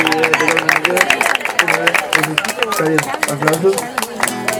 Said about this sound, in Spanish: Aplausos.